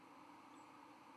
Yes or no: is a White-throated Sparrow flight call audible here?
no